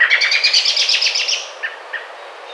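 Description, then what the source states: American robin call: a rapid descending series of sharp chattering notes lasting over a second, followed by two short separate notes after brief pauses. Recorded 27 May 2009.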